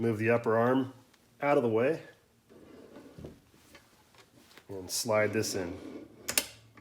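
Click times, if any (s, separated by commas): 6.3 s, 6.4 s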